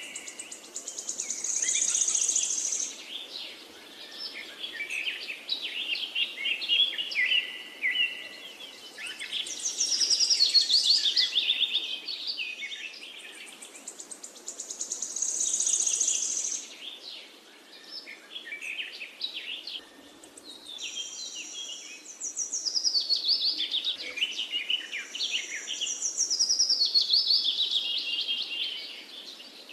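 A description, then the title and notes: Birds in the forest sing and chirp continuously in bright, high bursts, swelling louder around 2, 10, 15 and 25 seconds. Sounds Of Birds In The Forest.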